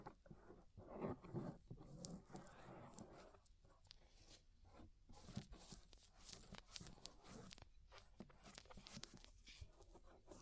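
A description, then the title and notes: Close scraping and rubbing inside the ear, heard as dense, crackly friction with sharp clicks and pops scattered throughout. A stronger, lower rubbing burst comes around one to two seconds, then lighter scratchy strokes continue irregularly in a small, quiet room. Inner and Outer Ear Scraping (No Talking).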